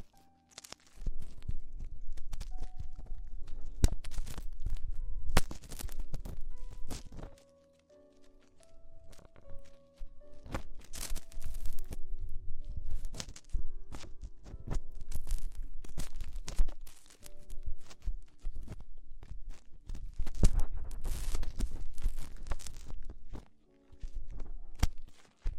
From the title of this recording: Extremely Tingly Ear Exploration